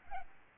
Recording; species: mosquito wingbeat signal from an infrared sensor; Aedes albopictus